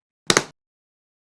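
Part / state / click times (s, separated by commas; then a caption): clip-lock lid onto plastic food container used as egg box / seated / 0.3 s, 0.4 s. The clip-lock lid of a Systema Klip It plastic food container, used as an egg incubation box and sealed with an O-ring, is locked into place. A sharp double snap is heard at 0.3 s and 0.4 s, with no other sound before or after. The lid clip engages and the lid is seated shut.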